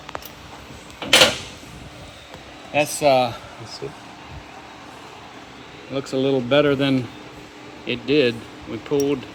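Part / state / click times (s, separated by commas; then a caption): torque wrench on head stud in engine block thread insert / torque reached / 1.1 s. A torque wrench is pulled on a head stud threaded into an insert in an air-cooled VW engine block, testing the repaired thread to see whether it holds at the setting rather than pulling the insert out with the stud. The wrench clicks sharply at about 1.1 s, reaching its setting. Someone then talks.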